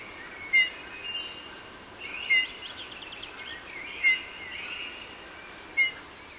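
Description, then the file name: Eurasian bullfinch calls: short, soft piping notes, each with a faint click, repeated four times about every one and a half to two seconds over steady background hiss. "hyl obecny"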